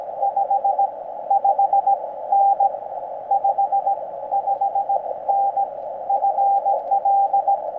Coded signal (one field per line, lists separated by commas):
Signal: Morse code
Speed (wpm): 20 wpm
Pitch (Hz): 750 Hz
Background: none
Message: 55N 55N FL